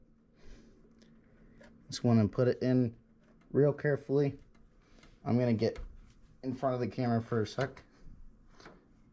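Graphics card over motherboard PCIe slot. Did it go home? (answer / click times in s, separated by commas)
no / none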